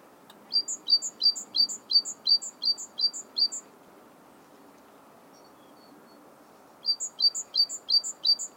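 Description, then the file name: Great tit singing a run of several see-sawing two-note phrases, falling silent for roughly three seconds, then resuming with five more; faint low hiss throughout. "Parus major"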